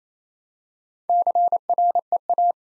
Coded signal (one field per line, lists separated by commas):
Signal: Morse code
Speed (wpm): 27 wpm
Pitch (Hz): 700 Hz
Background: none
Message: CREA